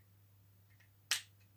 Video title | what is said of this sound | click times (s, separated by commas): Présentation de ma nouvelle boîte Lego la déneigeuse | moi ce que j'avais mal enclenché voilà on peut tourner le canon c'est | 1.1 s